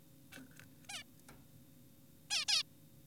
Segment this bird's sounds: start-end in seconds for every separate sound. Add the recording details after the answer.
0.32-0.40, 0.89-1.03, 2.30-2.45, 2.48-2.63. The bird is an adult. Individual g4p5U